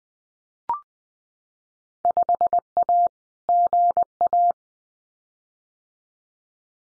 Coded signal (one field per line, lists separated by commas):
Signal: Morse code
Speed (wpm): 20 wpm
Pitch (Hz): 700 Hz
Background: none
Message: 5A GA